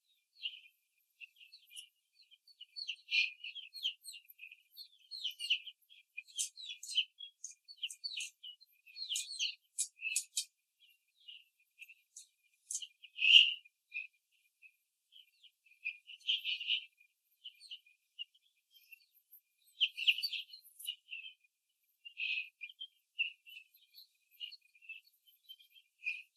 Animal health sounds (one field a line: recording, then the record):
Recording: young laying hens in a cage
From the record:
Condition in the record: after the stressor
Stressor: simulated dog barking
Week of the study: 3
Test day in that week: 1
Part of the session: 2